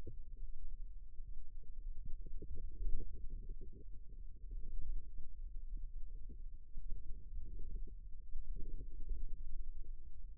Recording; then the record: forearm muscle sounds (acoustic myography)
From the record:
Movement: inward rotation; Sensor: system 2, bracelet of six BSWA MPA416 microphones around the upper forearm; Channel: 6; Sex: female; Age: 22 years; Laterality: right